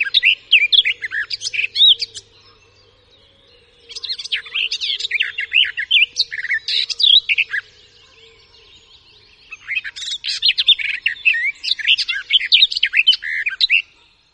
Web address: garden warbler